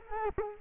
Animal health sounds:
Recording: mosquito wingbeat signal from an infrared sensor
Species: Culex quinquefasciatus

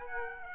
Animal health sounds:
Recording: mosquito wingbeat signal from an infrared sensor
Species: Aedes aegypti

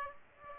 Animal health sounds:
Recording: mosquito wingbeat signal from an infrared sensor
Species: Aedes aegypti

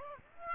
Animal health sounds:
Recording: mosquito wingbeat signal from an infrared sensor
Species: Aedes aegypti

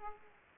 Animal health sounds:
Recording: mosquito wingbeat signal from an infrared sensor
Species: Aedes aegypti

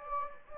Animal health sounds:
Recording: mosquito wingbeat signal from an infrared sensor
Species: Anopheles gambiae

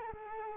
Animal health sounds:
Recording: mosquito wingbeat signal from an infrared sensor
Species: Culex quinquefasciatus

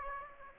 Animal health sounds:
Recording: mosquito wingbeat signal from an infrared sensor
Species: Aedes aegypti

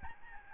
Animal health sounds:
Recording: mosquito wingbeat signal from an infrared sensor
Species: Aedes albopictus

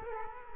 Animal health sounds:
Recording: mosquito wingbeat signal from an infrared sensor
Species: Culex quinquefasciatus

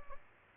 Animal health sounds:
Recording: mosquito wingbeat signal from an infrared sensor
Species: Aedes albopictus

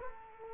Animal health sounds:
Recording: mosquito wingbeat signal from an infrared sensor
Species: Culex quinquefasciatus

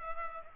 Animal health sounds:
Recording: mosquito wingbeat signal from an infrared sensor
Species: Culex pipiens

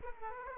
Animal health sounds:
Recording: mosquito wingbeat signal from an infrared sensor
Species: Aedes aegypti

